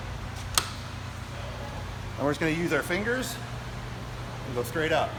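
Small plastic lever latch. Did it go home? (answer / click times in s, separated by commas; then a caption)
released / 0.6 s. A small locking lever on the soft top frame of a Jeep convertible is undone by hand, giving a single sharp click at 0.6 s as the latch releases. Someone then talks over a steady low hum, and the soft top latch is left unlatched.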